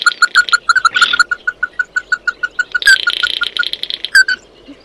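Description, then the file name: Bird repeating short notes in a quick series, with a brief and then a longer buzzy burst, and a sharp call near the end. "Tieng chim mat do"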